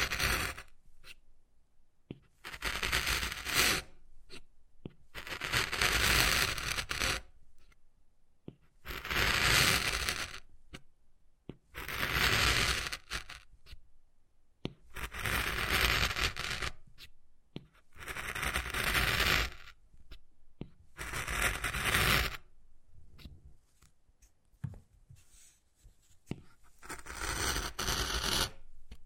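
Wood carving with scratchy, gritty strokes that come in bursts of one to two seconds, separated by short silences. The strokes are bright and rough, the strongest near 10, 12, 15 and 22 seconds, with sharp little cracks and taps between them.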